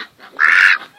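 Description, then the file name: Pekin duck giving a single harsh, nasal quack, preceded by fainter, softer calls. "canto do pato de pequim"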